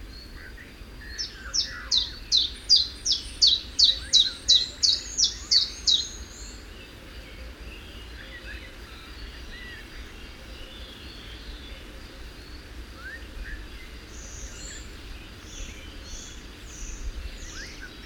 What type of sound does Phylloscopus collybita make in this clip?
song